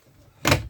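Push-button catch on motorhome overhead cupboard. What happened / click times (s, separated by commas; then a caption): The cabinet door catch clicked shut / 0.5 s. A push-button catch on the overhead cupboard of a Chausson Titanium 768XLB motorhome engages as the cupboard door is pushed closed. After quiet low hum, a sharp click at 0.5 s is followed by a brief broadband thump that fades by about 0.7 s. The catch clicks in place and the door is latched shut.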